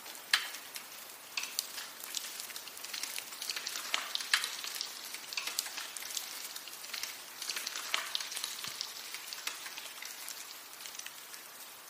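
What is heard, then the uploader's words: Melting snow drips and patters steadily from the trees, a dense, bright hiss of countless small droplets like light rain. Louder single drops and splats stand out now and then, with sharper hits near the start, around four seconds and around eight seconds. Snowmelt: Winter Soundscape. Melting snow and icicles fall from the trees, as the sun warms a winter wonderland.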